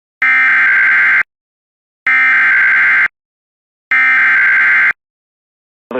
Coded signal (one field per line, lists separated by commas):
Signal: Emergency Alert System (SAME) tones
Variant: header bursts